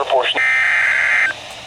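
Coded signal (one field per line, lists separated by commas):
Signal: Emergency Alert System (SAME) tones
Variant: header bursts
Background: speech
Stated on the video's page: Severe Thunderstorm Warning received on a weather radio.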